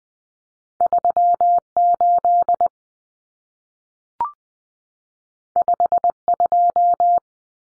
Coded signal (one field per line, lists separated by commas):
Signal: Morse code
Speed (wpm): 20 wpm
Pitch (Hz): 700 Hz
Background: none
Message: 38 52